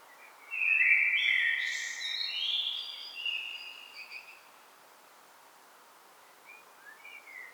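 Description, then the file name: Common blackbird song: one rich, fluting phrase breaking into high scratchy notes, followed by quieter faint twitters. "Turdus merula"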